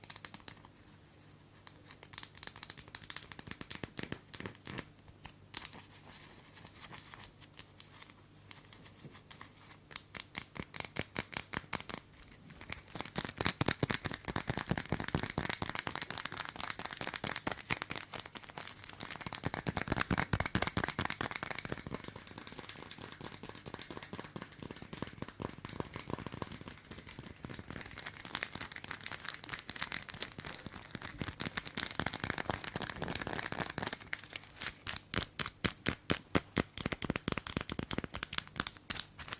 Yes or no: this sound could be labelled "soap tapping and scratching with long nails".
yes